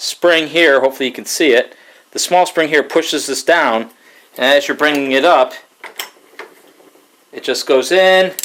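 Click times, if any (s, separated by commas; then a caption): none. Someone talks while cranking up the rebuilt spare tire winch on a 2008 Chevy Colorado, showing the metal mushroom head of the winch cable going in past the small spring-loaded locking catch. Two brief sharp handling sounds come near 6.0 and 6.4 seconds between the words. The clip ends before the mushroom head goes home, so nothing has seated or clicked into place yet.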